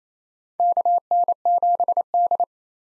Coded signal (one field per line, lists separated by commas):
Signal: Morse code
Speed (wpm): 28 wpm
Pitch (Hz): 700 Hz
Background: none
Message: KN7D